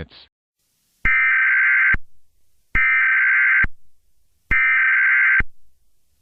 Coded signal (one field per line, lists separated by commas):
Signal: Emergency Alert System (SAME) tones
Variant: header bursts